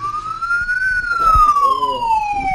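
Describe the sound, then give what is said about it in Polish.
An ambulance siren in a professional ambulance simulator, a full replica ambulance used for pre-hospital care training, wails in a slow, rising and falling sweep, its loud, clear tone gliding up and then back down, with a low rumble of engine and road noise underneath. “W centrum jest też profesjonalny symulator karetki pogotowia.”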